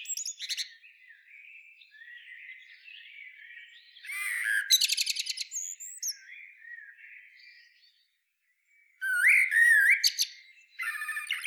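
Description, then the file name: Common blackbird giving soft, rambling warbles and louder fluted phrases topped by rapid, buzzy high twittering notes, then a short pause before another phrase. "Turdus merula"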